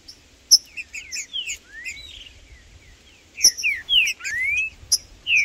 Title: TRINCA Piando, Cantando E Macheando Na DISPUTA. Trinca Ferro no MATO Cantando e Macheando muito com Solto! Blindado e Tufão no mato